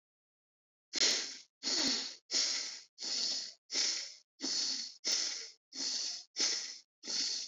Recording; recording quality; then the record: shallow breathing; excellent, no background noise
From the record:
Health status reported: respiratory illness, not identified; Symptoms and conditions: breathing difficulty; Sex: male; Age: 22 years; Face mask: not worn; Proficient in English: yes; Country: India